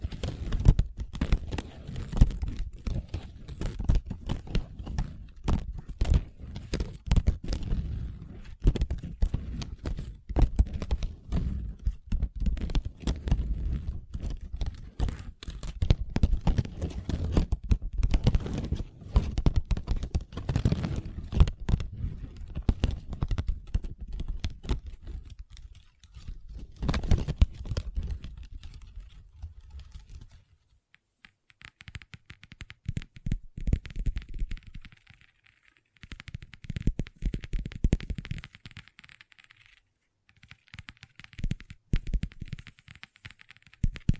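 Long nails tap and scratch a table in dense, rapid clicks, busy for the first half minute, then thinning into sparser bursts with pauses.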